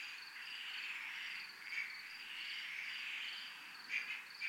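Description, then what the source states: Crickets give a continuous high trill with pulsed beats, overlaid by swelling lower buzzy bursts and a couple of sharp clicks near the end. Several crickets, recorded at a military zone (zona militar).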